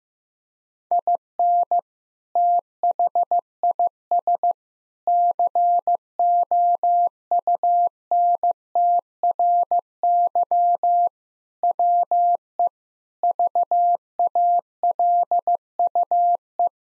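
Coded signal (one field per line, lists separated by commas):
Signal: Morse code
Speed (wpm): 16 wpm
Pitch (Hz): 700 Hz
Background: none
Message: IN THIS COUNTRY WE VALUE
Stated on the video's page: Morse practice sentences containing common three-word phrases at 15 wpm for head copy.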